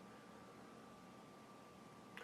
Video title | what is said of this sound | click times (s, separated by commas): How to Disassemble a Glock Slide | heard that click so I know I'm in the clear now I felt it hit my finger | 2.2 s